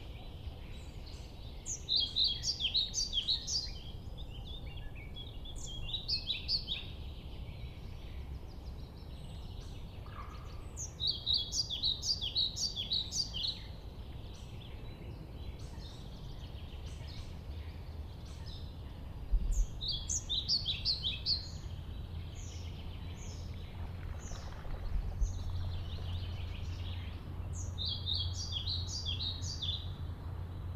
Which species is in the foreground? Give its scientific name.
Ficedula hypoleuca